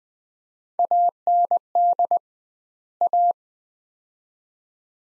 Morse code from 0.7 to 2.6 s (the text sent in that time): AND